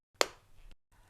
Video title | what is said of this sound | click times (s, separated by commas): FREECOM 1: Complete Tutorial | That click you heard is important. | 0.2 s